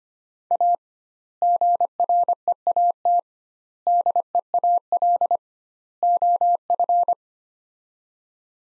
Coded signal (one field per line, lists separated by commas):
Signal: Morse code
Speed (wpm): 25 wpm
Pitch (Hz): 700 Hz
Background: none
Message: A GREAT DEAL OF